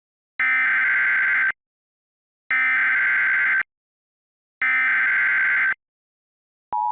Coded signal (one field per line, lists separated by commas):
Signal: Emergency Alert System (SAME) tones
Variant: header bursts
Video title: EAS Halloween Mock - Werecats